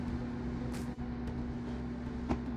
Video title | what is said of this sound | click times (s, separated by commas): Something a little different this time | It looks lined up. Hear it snap on. | 2.3 s